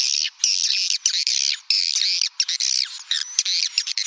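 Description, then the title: Swiftlet calls in short buzzy bursts, harsh chirps with brief silent pauses between them. "Suara Burung Wallet"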